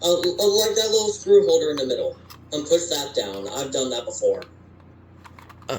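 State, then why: Seated. Someone talks while pushing the small plastic screw holder down into the center of the plastic mounting plate of a Kidde KN-COPP-3 carbon monoxide alarm. After a quiet pause, a few faint ticks come as it is pressed in, then a sharp click at 5.7 s as the holder seats into place.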